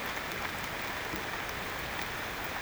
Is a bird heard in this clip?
no